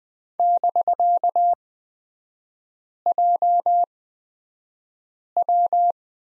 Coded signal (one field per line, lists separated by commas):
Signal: Morse code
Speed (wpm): 20 wpm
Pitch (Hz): 700 Hz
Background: none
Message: <BK>JW